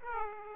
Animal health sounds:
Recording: mosquito wingbeat signal from an infrared sensor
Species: Aedes aegypti

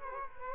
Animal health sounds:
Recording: mosquito wingbeat signal from an infrared sensor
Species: Culex quinquefasciatus

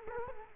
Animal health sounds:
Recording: mosquito wingbeat signal from an infrared sensor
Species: Culex quinquefasciatus

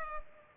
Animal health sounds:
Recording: mosquito wingbeat signal from an infrared sensor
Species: Culex pipiens

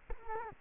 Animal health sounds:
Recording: mosquito wingbeat signal from an infrared sensor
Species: Culex quinquefasciatus

